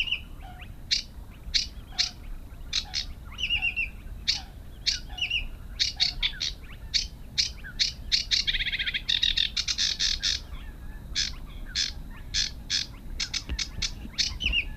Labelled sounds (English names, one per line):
Sedge Warbler song